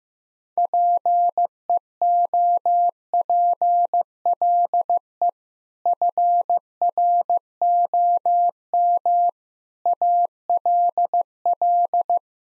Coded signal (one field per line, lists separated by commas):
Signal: Morse code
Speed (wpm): 15 wpm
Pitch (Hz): 700 Hz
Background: none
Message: PEOPLE FROM ALL